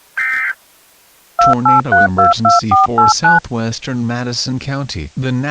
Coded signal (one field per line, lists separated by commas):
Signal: DTMF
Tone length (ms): 170 ms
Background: speech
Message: 28322489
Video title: EAS Scenario - Double Trouble